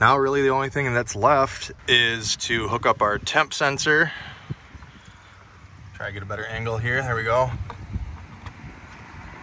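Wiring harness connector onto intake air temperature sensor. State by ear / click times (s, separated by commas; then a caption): not seated / none. During a Corsa cold air intake install on a 2019+ Ram 1500, someone talks while repositioning for a better angle and lines up the wiring harness connector on the intake air temperature sensor before pushing it home. There is a quiet pause, then more talking and a brief faint tick near 8.5 s. The connector has not seated or clicked yet.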